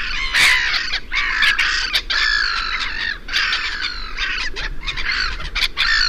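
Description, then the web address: Black-headed gull chorus of overlapping raucous, screeching calls, almost continuous with brief gaps, several birds calling at once. "chant xeno-canto mouette rieuse"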